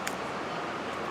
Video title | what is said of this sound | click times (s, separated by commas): Rear Brakes 2009-2014 Nissan Murano | we're going to take our Hardware we're going to put it over the top just like this and we're going to push it down until it snaps in where it belongs | 0.1 s